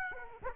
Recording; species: mosquito wingbeat signal from an infrared sensor; Aedes aegypti